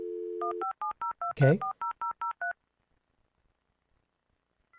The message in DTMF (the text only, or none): 1570240003